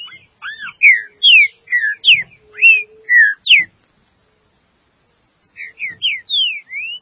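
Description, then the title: Green-winged saltator song of loud, sweet whistled notes, arched and downslurred, in a quick phrase of several notes, then a short pause and a brief second phrase. "Trinca Ferro"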